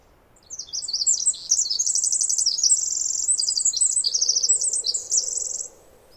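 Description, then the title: Pacific wren singing a prolonged, fast-paced jumble of very high trills and twittering notes that change pitch repeatedly, lasting around five seconds over a quiet background. Singing in trees above the microphone for about 20 minutes, then flying down closer; morning after a dawn chorus, May 11-13, 2018, while camping on the Snider Jackson/Rugged Ridge trail. "The very loud Pacific Wren"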